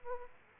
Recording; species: mosquito wingbeat signal from an infrared sensor; Aedes aegypti